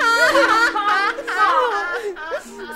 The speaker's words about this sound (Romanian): Și nu mai plânge. Nu mai plânge că-ți intră lacrimile în gură. Și sunt sărate.